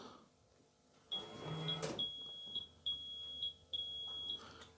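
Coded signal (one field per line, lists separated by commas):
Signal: beep code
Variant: Rolls-Royce Silver Spirit alarm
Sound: high-pitched electronic beeps in a repeating run, separated by brief gaps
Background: car interior, brief rustle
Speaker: One, two, three, four. That's telling you that there's a door left open.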